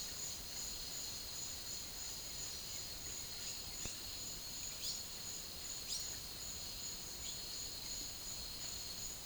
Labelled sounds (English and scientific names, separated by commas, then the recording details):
none
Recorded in secondary vegetation near Puerto Asís, Putumayo, Colombia, on 21 March 2025 at 10:30
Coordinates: 0.489, -76.322
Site G042